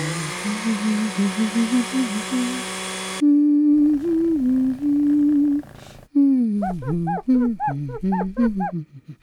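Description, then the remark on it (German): A dog howls and whines at a door, scratching at it, in a series of wavering, high-pitched cries, starting with a buzzy drawn-out tone, then a steadier wail, then quick rising and falling yelps. No one speaks. “Der Hund begann zu jaulen und an der Tür zu kratzen.”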